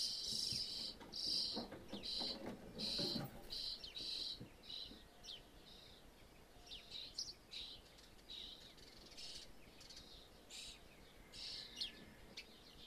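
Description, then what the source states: Birds giving hissing, rasping feeding calls in short repeated bursts, loud for the first few seconds and then softer, with faint rustling in between. Birds feeding in a roof space; stereo.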